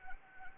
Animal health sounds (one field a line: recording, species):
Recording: mosquito wingbeat signal from an infrared sensor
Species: Anopheles arabiensis